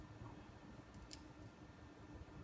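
The back cover of the capstan motor from a Pioneer CT-50R cassette deck is pressed home; a screwdriver might be needed to help get it into place. Against a steady low background hum, a single sharp snap is heard at 1.1 s, and the cover seats.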